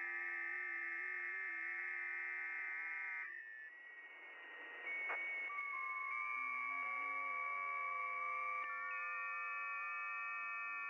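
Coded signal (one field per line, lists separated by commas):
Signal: FT8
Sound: several steady warbling tones at once, a short hiss gap, then tones resume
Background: radio static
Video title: RDX3CW - SWL on 10.136 MHz FT8 [2 HOURS]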